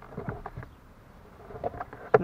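On a Hyundai Accent Era, the plastic glovebox lid is refitted into the dashboard opening after a cabin filter change, pushed closed so its side stops pass the rubber and plastic edges. Light scattered taps and rustles lead to a small knock at about 1.7 s, then a sharp snap at 2.2 s as the lid seats firmly in place.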